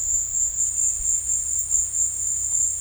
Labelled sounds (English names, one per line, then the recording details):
none
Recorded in dense forest near Puerto Asís, Putumayo, Colombia, on 18 February 2024 at 15:30
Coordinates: 0.487, -76.319
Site G6403